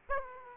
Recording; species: mosquito wingbeat signal from an infrared sensor; Aedes aegypti